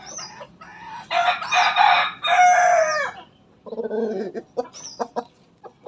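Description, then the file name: Rooster giving a long, loud, hoarse crow in two pulsing sections, followed by lower clucking and short sharp notes with a brief high squeal. Bangkok breed rooster, crowing. "suara ayam bangkok berkokok"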